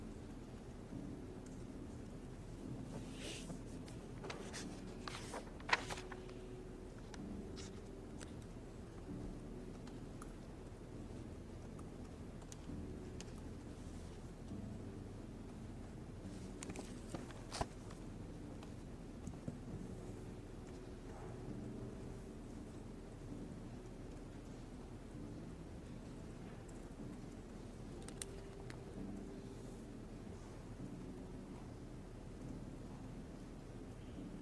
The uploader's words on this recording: Study with me at hogwarts (aka the yale library!).